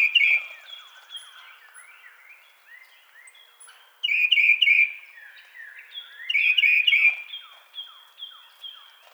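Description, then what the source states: Tufted titmouse whistling short loud phrases of clear notes, three phrases a few seconds apart, with softer slurred notes between. Recorded 2007-03-24.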